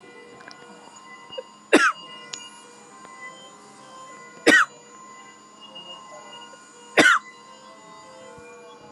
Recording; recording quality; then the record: shallow voluntary cough; moderate, slight background noise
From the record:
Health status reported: COVID-19 positive, moderate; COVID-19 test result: positive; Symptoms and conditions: cough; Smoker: not ticked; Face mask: worn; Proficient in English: yes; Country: India